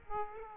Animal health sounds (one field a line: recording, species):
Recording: mosquito wingbeat signal from an infrared sensor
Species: Aedes aegypti